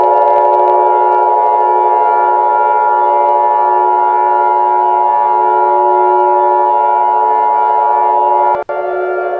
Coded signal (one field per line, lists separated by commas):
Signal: Emergency Alert System (SAME) tones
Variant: 853 and 960 Hz attention tone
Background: music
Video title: Bluey EAS Scenario